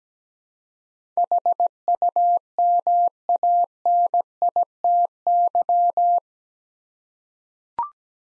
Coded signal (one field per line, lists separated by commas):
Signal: Morse code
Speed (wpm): 17 wpm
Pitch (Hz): 700 Hz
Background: none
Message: HUMANITY